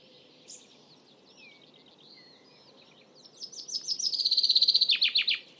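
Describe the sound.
Common chaffinch: a few faint chirps at first, then a loud song, a quick run of repeated notes falling toward a closing flourish.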